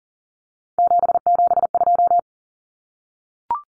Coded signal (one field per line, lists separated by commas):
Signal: Morse code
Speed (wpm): 40 wpm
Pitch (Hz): 700 Hz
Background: none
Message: 772